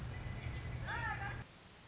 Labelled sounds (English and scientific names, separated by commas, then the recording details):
Western Meadowlark (Sturnella neglecta)
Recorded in Sonoma County, California